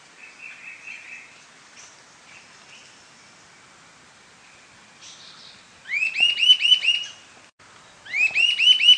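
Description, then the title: Sibilant sirystes calls: two bursts of rapid, repeated, sibilant whistled notes, each note arching up and down, run together in a quick trill, with faint background chirps. Nominate subspecies Sirystes sibilator sibilator, assumed from the recording location. "LuckyPassaro Completos2Sama. Sibilant Sirystes (Sirystes sibilator sibilator (ssp assumed from location))"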